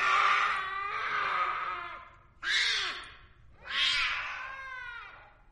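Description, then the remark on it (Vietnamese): A black cat lying on a table lets out three drawn-out, loud meows after licking Mr. Vương's hand, the first long and wavering, followed by two rising, slightly strained calls with no talking. “Con mèo lè lưỡi liếm tay ông Vương rồi kêu lên.”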